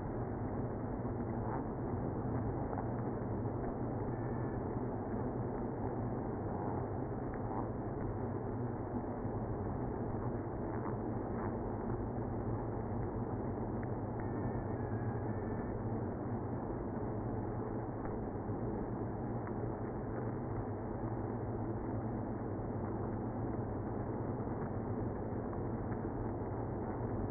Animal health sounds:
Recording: honeybee colony, microphone inside the hive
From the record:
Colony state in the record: queenless (queen removed)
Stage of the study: after two queens were removed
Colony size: about 60,000 bees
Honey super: yes

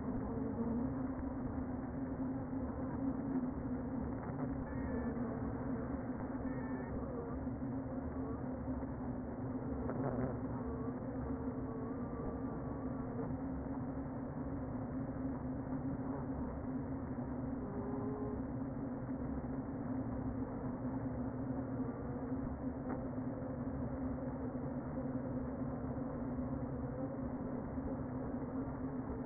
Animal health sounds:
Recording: honeybee colony, microphone inside the hive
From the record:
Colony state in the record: queen present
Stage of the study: before two queens were removed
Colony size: about 60,000 bees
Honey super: yes

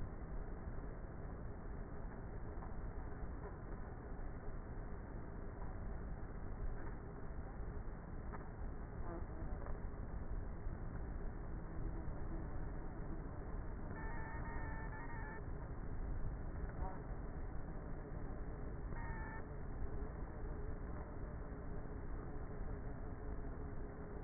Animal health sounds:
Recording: honeybee colony, microphone inside the hive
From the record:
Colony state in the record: queenless with a low population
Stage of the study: before two queens were removed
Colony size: about 30,000 bees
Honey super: no

